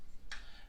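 A jar of home-canned tomatoes cools on the counter, and its metal flat lid pulls down onto the glass jar with a short, bright ping at 0.3 s as the vacuum seals it. The lid has seated, meaning the jar will keep.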